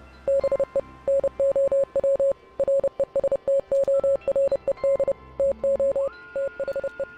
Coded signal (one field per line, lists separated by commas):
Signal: Morse code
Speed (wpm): 30 wpm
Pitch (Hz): 550 Hz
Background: music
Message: BE NOW RESTORED TO THE